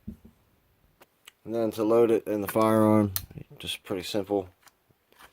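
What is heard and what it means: A metal rimfire magazine is being handled at the magazine well of a .22 WMR rifle, to be pushed up until it latches. Someone talks while a few faint, short taps sound near 0.1, 1.0, 1.3 and 5.1 seconds. Nothing has seated or clicked yet.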